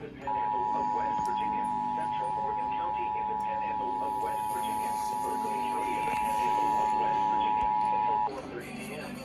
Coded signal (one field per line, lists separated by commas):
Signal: Emergency Alert System (SAME) tones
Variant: 853 and 960 Hz attention tone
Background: speech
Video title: HEY STERLING - YA DONE YET?????? EAS 1144 - 1204